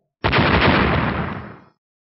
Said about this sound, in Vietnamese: Thanh âm nổ vang liên tiếp nối nhau, hổ ảnh màu đỏ thẫm tan vỡ, cùng với đó là kiếm cầu vùng màu vàng cũng tan vỡ theo.